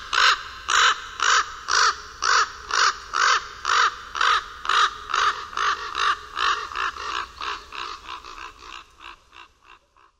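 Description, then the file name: Common raven giving a long series of harsh, hoarse croaks, about two per second, gradually fading and quickening toward the end. "Kruk"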